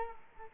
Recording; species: mosquito wingbeat signal from an infrared sensor; Culex quinquefasciatus